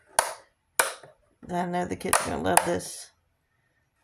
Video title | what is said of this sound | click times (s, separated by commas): What Were You Doing When...? | to that piece right here it clicks | 0.2 s, 0.8 s